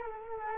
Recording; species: mosquito wingbeat signal from an infrared sensor; Culex quinquefasciatus